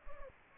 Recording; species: mosquito wingbeat signal from an infrared sensor; Anopheles gambiae